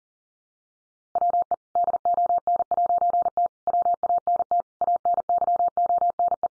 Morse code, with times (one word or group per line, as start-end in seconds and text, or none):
1.2-1.5 WE
1.8-3.5 DON'T
3.7-4.6 WANT
4.8-6.5 ANYONE